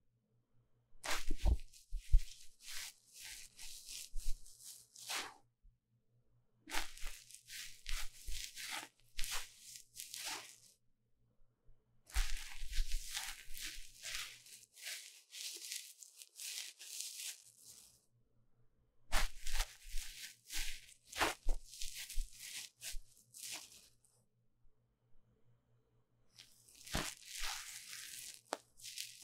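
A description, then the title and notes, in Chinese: Deep ear cleaning on a microphone: bursts of crisp, crackly scratching and rubbing, each lasting several seconds, separated by short silent pauses about five times across the clip. Within each burst the scraping is dense and uneven, with sharp pops, over a faint low hum. 麥克風耳朵深度清潔。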